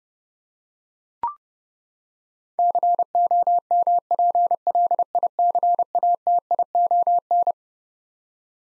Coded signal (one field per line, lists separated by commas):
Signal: Morse code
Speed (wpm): 30 wpm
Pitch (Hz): 700 Hz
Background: none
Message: COMPLICATION